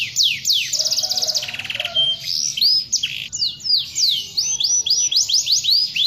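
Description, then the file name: Canary song with varied rolling phrases: rapid buzzy trills, rising and falling whistled slurs, then a fast series of arched sweeping notes. "kenari"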